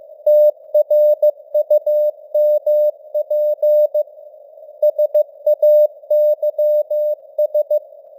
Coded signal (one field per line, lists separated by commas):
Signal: Morse code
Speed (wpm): 15 wpm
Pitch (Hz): 600 Hz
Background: none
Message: TRUMP SAYS